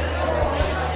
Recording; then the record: background sound without coughing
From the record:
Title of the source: CITY SOUNDS Busy Bar in the Evening Night - 2 HOURS of Ambiance for Relaxation